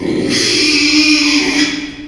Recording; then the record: squeal of a Yucatan mini pig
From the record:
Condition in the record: after surgery on the right vocal fold (resection and tissue-engineered implant); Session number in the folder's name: 2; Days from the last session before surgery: 13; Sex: male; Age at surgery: 12 weeks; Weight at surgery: 13 kg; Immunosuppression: cyclosporine, prednisolone